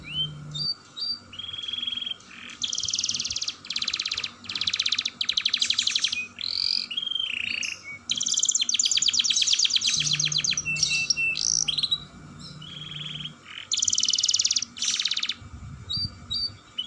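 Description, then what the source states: Canary singing in bursts of rapid trills and short whistled notes, pausing between phrases, with a faint low hum in the background. Kenari singing a long roll song style (dor roll panjang), described as gacor, i.e. singing vigorously.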